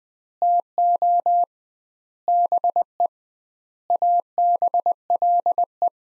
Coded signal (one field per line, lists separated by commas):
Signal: Morse code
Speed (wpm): 20 wpm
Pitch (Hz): 700 Hz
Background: none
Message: TO BE ABLE